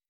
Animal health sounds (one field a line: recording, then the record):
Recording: hydrophone in a shrimp aquaculture tank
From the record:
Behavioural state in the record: weakened